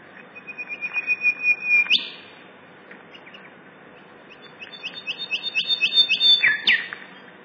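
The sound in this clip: Golden whistler song: a run of high whistled notes that grows louder, ending in a sharp upswept whip, then a second repeated phrase with a whipcrack finish.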